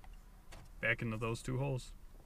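Someone talks while plastic locking tabs on a 2SS gauge cluster's gauge pod are being pushed back into two holes in the dash trim, with only a faint tick near the start. Nothing has seated or clicked yet.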